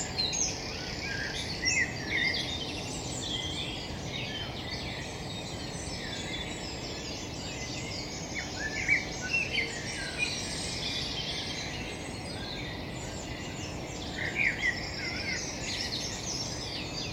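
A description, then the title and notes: A dawn chorus in a park: many birds sing at once, blending into a dense, bright wash of song that holds steady throughout. A few chirps stand out near 2, 9 and 14 seconds over a constant low rumble of traffic. Dawn Chorus in Highfield Park, Manchester. Recorded in Levenshulme on the morning.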